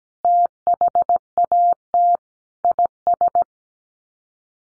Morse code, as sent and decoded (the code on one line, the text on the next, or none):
- .... .- - / .. ...
THAT IS